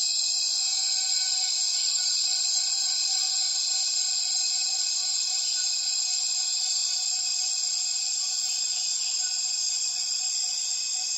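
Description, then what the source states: Cicadas filling the air with an even, intense high-pitched drone in several stacked tones, steady from start to finish, slight swelling midway. Many cicadas calling at dusk as the afternoon light fades, rainforest in Tawau Hills National Park, Borneo; recorded with Zoom F6 and Lom MikroUsi Pro microphones.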